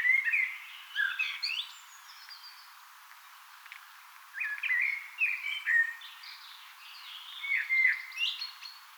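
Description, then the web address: Eurasian blackbird song: mellow whistled phrases ending in squeaky flourishes, a few at the start and several more after a pause. Singing on 18 April 2025. "18 4 2025 keltanokkarastas laulaa"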